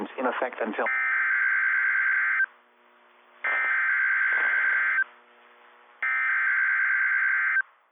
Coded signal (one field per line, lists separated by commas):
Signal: Emergency Alert System (SAME) tones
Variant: header bursts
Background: speech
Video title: Early March Captures - EAS Alerts from Early March 2026 (EAS #689 - #700)